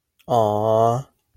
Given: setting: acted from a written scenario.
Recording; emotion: vocal sound without words; adoration